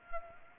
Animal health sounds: mosquito wingbeat signal from an infrared sensor; Culex pipiens

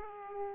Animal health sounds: mosquito wingbeat signal from an infrared sensor; Aedes aegypti

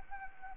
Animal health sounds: mosquito wingbeat signal from an infrared sensor; Anopheles arabiensis

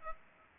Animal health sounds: mosquito wingbeat signal from an infrared sensor; Aedes aegypti

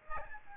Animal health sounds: mosquito wingbeat signal from an infrared sensor; Aedes albopictus

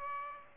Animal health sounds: mosquito wingbeat signal from an infrared sensor; Aedes aegypti

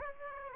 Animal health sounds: mosquito wingbeat signal from an infrared sensor; Aedes aegypti

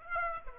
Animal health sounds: mosquito wingbeat signal from an infrared sensor; Aedes aegypti

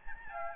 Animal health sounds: mosquito wingbeat signal from an infrared sensor; Aedes albopictus

